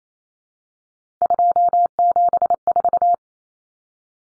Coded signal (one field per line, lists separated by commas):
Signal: Morse code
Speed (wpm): 28 wpm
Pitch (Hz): 700 Hz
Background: none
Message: 274